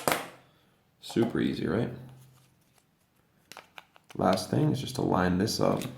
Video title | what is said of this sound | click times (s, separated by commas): Jeep Gladiator Key Fob Battery Replacement (2019 - 2021) | and then you just slide it back in and it clicks into place | 0.1 s